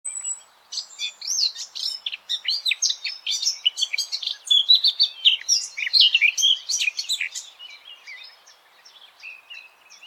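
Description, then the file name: Eurasian blackcap song: a rich, fast warble of varied scratchy and fluty notes running for about eight seconds, then fading into thinner, quieter notes. "Sylvia atricapilla"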